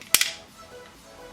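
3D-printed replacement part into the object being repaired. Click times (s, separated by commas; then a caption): 0.2 s. A 3D-printed replacement part is fitted into the object it repairs. A sharp snap at 0.2 s marks it seating, followed by a quieter second click and faint background hum. The part fits just right.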